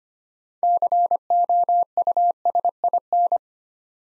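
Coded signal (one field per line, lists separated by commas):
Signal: Morse code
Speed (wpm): 25 wpm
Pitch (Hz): 700 Hz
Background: none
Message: COUSIN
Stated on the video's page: Morse practice at 25 wpm building six-letter words two letters at a time, for instant character recognition training.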